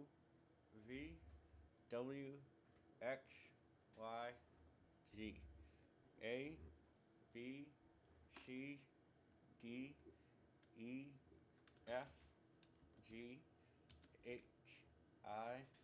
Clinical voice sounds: letters of the alphabet, spoken; constrained by a bite bar between the teeth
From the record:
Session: first day, right after the free take

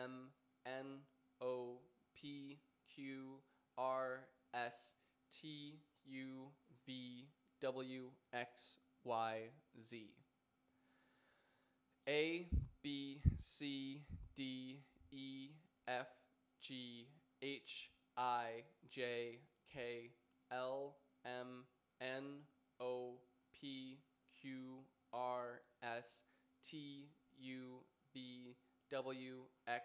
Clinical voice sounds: letters of the alphabet, spoken; free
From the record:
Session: first day, before the bite bar

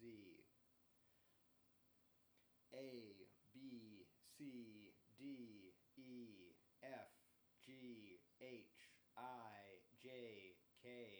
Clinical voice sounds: letters of the alphabet, spoken; free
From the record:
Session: first day, before the bite bar

